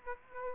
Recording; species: mosquito wingbeat signal from an infrared sensor; Aedes aegypti